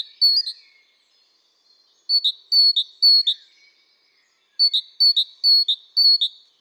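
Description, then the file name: Great tit song with a single phrase, then two runs of clear alternating high and lower notes, three to four phrases each. "Parus major"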